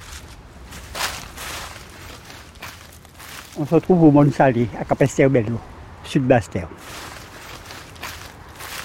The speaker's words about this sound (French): Aujourd'hui, 4e épisode, on marche dans les feuilles sèches.